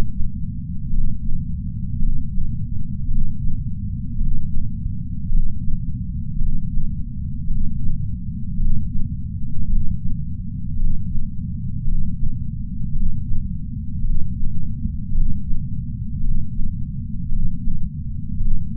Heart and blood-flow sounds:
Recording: heart sounds by patch sensor on the chest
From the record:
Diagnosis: coronary artery disease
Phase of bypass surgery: intraoperative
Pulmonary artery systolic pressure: 24 mmHg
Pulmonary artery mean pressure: 20 mmHg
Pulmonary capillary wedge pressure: 12 mmHg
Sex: male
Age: 60 years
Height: 170 cm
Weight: 103 kg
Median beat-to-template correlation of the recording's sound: 0.88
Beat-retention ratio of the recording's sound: 0.98

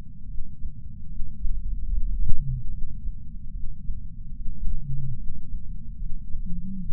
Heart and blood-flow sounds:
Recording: heart sounds by patch sensor on the chest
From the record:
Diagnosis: coronary artery disease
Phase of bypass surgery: postoperative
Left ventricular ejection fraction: 62.4%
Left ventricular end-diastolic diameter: 42 mm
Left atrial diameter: 34 mm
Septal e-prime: 9 cm/s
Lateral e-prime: 10 cm/s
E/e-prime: 10.4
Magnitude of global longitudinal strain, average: 12.8%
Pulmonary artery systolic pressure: 24 mmHg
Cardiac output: 5.9 L/min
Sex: male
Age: 63 years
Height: 165 cm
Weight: 70 kg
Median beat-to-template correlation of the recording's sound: 0.92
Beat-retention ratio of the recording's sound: 0.96

